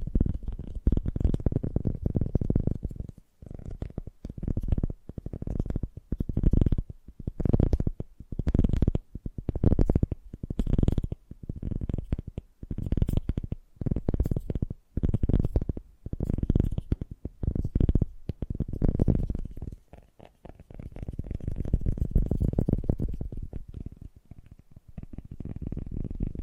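Fast, gentle tapping comes in quick clusters, soft and mostly low and muffled, with occasional crisper clicks on top. Brief pauses split the bursts, a longer unbroken run rolls in around twenty seconds, and the tapping grows softer near the end.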